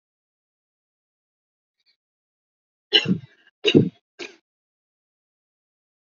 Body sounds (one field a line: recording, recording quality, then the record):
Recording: heavy voluntary cough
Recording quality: excellent, no background noise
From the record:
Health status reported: exposed to COVID-19, no respiratory illness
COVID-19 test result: negative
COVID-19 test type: RT-PCR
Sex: female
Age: 22 years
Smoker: no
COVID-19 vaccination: one dose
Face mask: not worn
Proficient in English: yes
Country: India